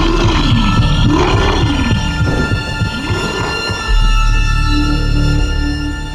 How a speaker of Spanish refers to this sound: Lanzó un fuerte gruñido porcino que pareció amedrentarles y salió corriendo hacia la puerta que los intrusos habían dejado abierta.